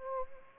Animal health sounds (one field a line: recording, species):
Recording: mosquito wingbeat signal from an infrared sensor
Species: Anopheles gambiae